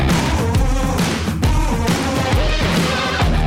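A whining mosquito buzz rises and dips in pitch over a loud, busy burst of music with thumping bass, for the radio show La Zanzara, lasting a few seconds without any talking.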